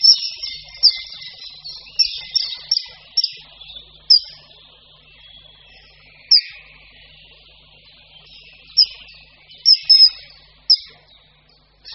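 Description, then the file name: Common kingfisher giving shrill, piercing high whistles, sharp single notes and short bursts repeated irregularly with quiet gaps. "Ledňáček-říční"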